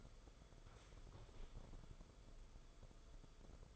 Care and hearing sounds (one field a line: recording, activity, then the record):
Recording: daily activity, microphone in the room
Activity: sit down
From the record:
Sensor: 5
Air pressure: 994.5 hPa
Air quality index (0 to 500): 185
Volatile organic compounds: 1000 ppm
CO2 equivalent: 5416 ppm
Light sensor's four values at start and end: 23/56/24/27 and 23/57/24/28